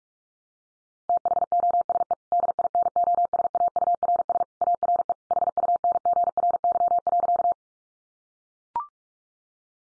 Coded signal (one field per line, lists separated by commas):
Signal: Morse code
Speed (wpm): 44 wpm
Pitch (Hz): 700 Hz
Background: none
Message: THOSE DINOSAURS ARE HUNGRY.